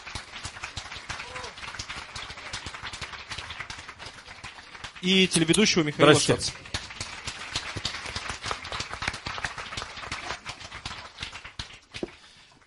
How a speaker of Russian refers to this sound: я приглашаю сюда на нашу сцену режиссера Жору Крыжовникова. Ваши аплодисменты.